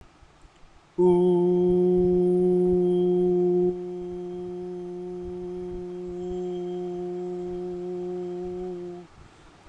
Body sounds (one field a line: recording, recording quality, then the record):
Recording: sustained vowel as in boot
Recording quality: excellent, no background noise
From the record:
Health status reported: healthy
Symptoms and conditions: none ticked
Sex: male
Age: 31 years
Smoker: yes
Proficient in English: yes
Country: India